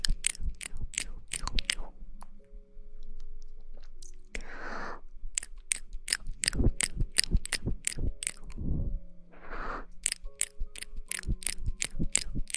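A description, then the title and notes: Mouth sounds: a run of sharp wet clicks and pops, many in quick bursts, with short hissy breaths or swishes around 4.5 and 9.5 seconds. Under them, low hums and steady tones shift in pitch and hold for a second or two. Mouth Sounds.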